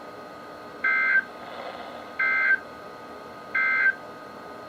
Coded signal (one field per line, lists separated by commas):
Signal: Emergency Alert System (SAME) tones